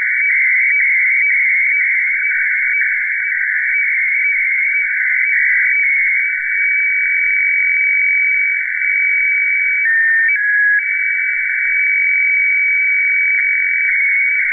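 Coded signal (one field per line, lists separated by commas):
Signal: weather fax (radiofax)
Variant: FAX 120/576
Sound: continuous warbling scratchy tone, rhythmic tick twice a second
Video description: Reception of HLL2 Seoul Meteo (Seoul, South Korea) on 9165 khz (FAX 120/576)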